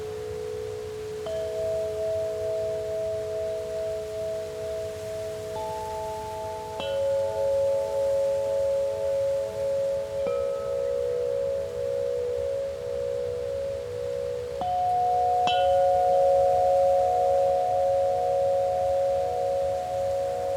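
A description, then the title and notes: Wind chimes ring in slow, scattered strikes every few seconds, their clear tones lingering and overlapping over a soft, steady breeze. Open: Wind Chimes. The spacious sounds of wind chimes and soft breeze.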